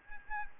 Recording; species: mosquito wingbeat signal from an infrared sensor; Aedes albopictus